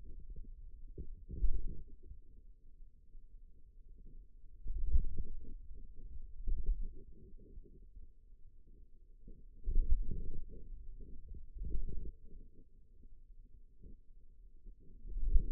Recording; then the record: forearm muscle sounds (acoustic myography)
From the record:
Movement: wrist extension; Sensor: system 2, bracelet of six BSWA MPA416 microphones around the upper forearm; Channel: 3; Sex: male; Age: 22 years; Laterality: right